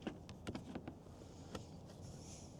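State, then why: Not seated. A plastic rear mud flap is handled against the rear wheel arch of a Tesla Model 3 without tools, making a few short, sharp plastic taps and knocks over a low background rumble. Nothing has seated or snapped in yet.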